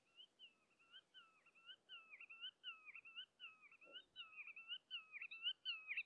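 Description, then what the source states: Common redshank contact calls, a steady run of short whistled notes that dip and rise, with a soft low thud partway through. Contact calls exchanged between redshanks at De Wilck, Benthuizen, 27 May 2020.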